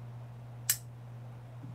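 A Benchmade folding knife blade is opened until it locks into its handle lock on the lock-in detent, with one sharp, bright click at 0.7 s over a steady low hum. The blade seats and locks open.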